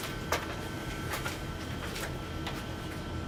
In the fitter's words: you don't have to a lot of people do I do like to go through and kind of click all those into place to hold it just a little bit better